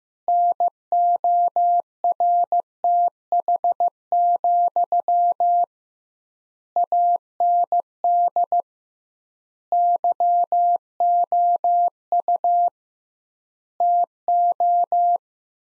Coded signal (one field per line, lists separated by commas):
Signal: Morse code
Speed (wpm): 15 wpm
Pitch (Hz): 700 Hz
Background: none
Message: NORTH, AND YOU TO